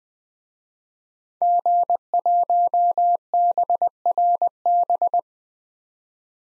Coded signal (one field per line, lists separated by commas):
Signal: Morse code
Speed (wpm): 21 wpm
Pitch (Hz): 700 Hz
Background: none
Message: G1BRB